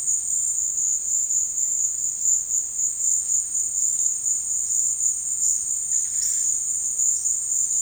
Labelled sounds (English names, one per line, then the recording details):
none
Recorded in dense forest near Puerto Asís, Putumayo, Colombia, on 18 February 2024 at 13:00
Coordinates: 0.472, -76.329
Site G6394